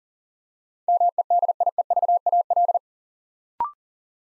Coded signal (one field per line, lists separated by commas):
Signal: Morse code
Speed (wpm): 39 wpm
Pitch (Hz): 700 Hz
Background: none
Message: MEDIEVAL